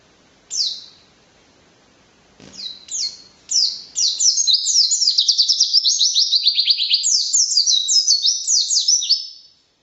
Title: Pleci RACUN (Variasi kenari , Tembakan , Gacor , new 2015 )